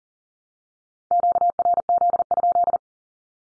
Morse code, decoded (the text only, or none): QRZ?